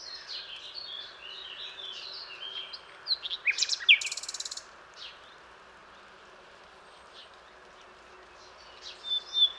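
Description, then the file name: Common nightingale song: faint high chirps and whistles, then a short loud cluster of sharp notes and a rapid pulsed burst, with phrases returning at the end. "Luscinia megarhynchos"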